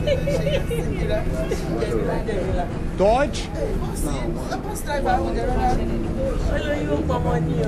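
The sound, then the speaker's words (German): Passengers chatter inside a bus, a steady murmur of many overlapping voices over a low, constant engine rumble, while one man asks a brief question in German above the crowd. “Eine Frage, spricht hier im Bus jemand Deutsch?”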